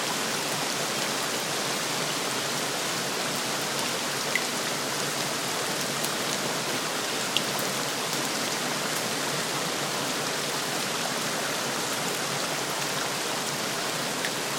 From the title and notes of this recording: CHAMPAGNE RAIN • Because it was recorded in Champagne (France).